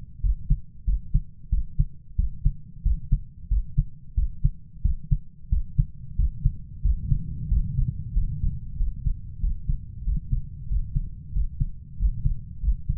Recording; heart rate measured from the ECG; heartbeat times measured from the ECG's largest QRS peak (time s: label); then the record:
heart sounds by stethoscope; 92 bpm
0.24 s: heartbeat
0.88 s: heartbeat
1.52 s: heartbeat
2.19 s: heartbeat
2.85 s: heartbeat
3.51 s: heartbeat
4.17 s: heartbeat
4.85 s: heartbeat
5.52 s: heartbeat
6.19 s: heartbeat
6.85 s: heartbeat
7.51 s: heartbeat
8.16 s: heartbeat
8.79 s: heartbeat
9.43 s: heartbeat
10.07 s: heartbeat
10.70 s: heartbeat
11.35 s: heartbeat
12.00 s: heartbeat
12.63 s: heartbeat
From the record:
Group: healthy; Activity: rest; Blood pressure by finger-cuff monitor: 138/74 mmHg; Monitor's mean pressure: 91 mmHg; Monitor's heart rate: 92 bpm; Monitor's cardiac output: 7.8 L/min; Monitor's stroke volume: 85 mL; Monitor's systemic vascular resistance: 900 dyn s/cm5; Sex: male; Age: 21 years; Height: 175 cm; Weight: 72.6 kg